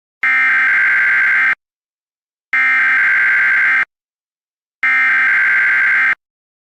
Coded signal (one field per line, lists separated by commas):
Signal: Emergency Alert System (SAME) tones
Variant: header bursts